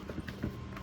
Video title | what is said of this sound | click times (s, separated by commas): SW-Motech Pro tank bag overview on Ducati Streetfighter V2 | falls in and locks in. Give it a wiggle to make sure it clicks in. | 0.3 s